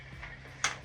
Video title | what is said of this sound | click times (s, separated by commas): Ako pripraviť motorku na sezónu? Kompletný návod | Keďže máme ich štyri, mali by sme počuť štyri kliknutia. | 0.6 s